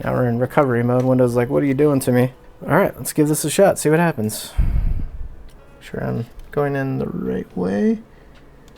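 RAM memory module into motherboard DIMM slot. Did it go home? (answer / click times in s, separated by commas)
no / none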